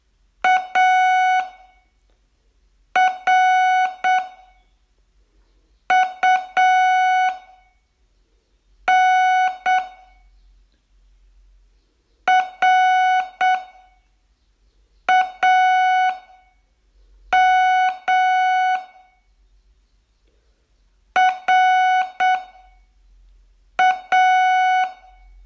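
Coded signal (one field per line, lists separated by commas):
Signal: Morse code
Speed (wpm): 7 wpm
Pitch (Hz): 740 Hz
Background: none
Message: ARUNRAMRA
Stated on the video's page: Morse code training, day 19 of a 42-day learning course.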